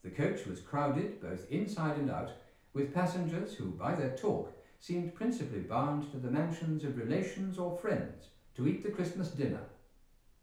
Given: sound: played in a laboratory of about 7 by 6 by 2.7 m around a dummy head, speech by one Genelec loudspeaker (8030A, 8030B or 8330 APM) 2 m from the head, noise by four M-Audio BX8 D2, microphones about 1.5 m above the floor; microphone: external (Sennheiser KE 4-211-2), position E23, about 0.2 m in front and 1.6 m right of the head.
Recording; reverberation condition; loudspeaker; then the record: male speech in English; medium; 150 degrees to the left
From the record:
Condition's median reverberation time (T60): about 510 ms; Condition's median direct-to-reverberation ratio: about -0.5 dB